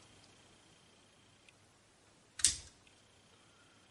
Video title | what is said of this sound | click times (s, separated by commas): Arlo Essential Camera: disassembly and internal component review | you heard the little you heard the little snap | 2.4 s, 2.5 s